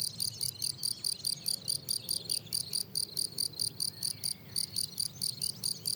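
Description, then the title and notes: Field cricket producing rapid, regular high chirps, two to three per second, with a short pause midway and quiet background hum. Lone, fairly isolated individual singing rhythmically on plateau de Lesches en Diois, France, 27 June 2018, 10:00, already 23°C on a very hot day; recorded with Nagra Seven and MKH8040. "Observation sonore - Un grillon champêtre. 27 juin 2018, plateau de Lesches en Diois. grillons champêtres (Gryllus campestris)"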